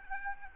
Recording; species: mosquito wingbeat signal from an infrared sensor; Aedes albopictus